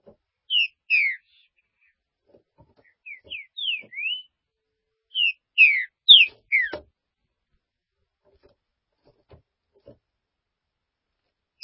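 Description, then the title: Green-winged saltator song: short phrases of sharp whistled notes, a few rising slurs, with gaps between phrases and a faint click near the middle. "Trinca Ferro"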